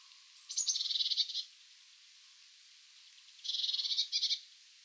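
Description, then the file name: Eurasian blue tit scolding: two bursts of rapid buzzy churring, each about a second long, separated by a two-second pause. "Cyanistes caeruleus"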